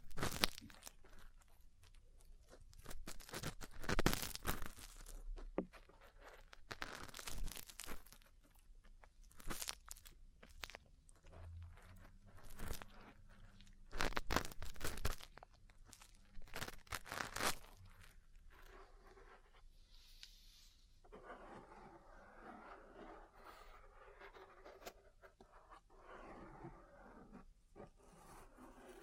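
Ear cleaning, massage and tapping sounds: dense crunchy, crinkling scratches and sharp taps come in bursts through the first eighteen seconds, with brief low thuds near ten and fifteen seconds. After twenty seconds the sound turns softer, a steadier rustling texture.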